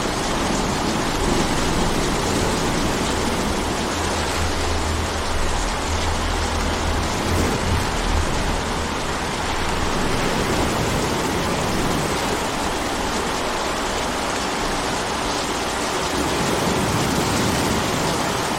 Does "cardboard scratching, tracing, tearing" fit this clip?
no